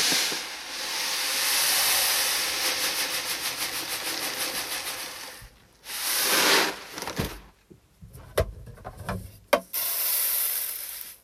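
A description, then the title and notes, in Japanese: Rice grains pour with a bright, steady rushing hiss into a paper bag, then stop and restart in short bursts amid paper rustles and sharp knocks. 環境音 お米出荷準備(点検)。重さを測り、紙の米袋に入れていきます。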